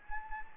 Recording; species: mosquito wingbeat signal from an infrared sensor; Anopheles gambiae